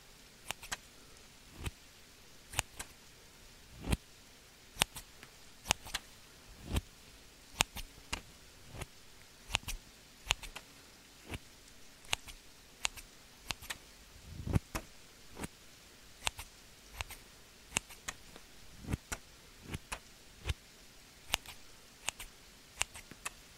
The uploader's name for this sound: Scissors Sounds - Rain